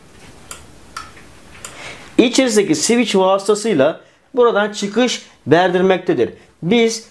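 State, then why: Seated. Small plastic setting tabs on the dial of a mechanical timer switch are pulled upward and click into their raised, locked position, with sharp clicks at 0.5, 1.0 and 1.7 seconds. Someone then talks for the rest of the clip.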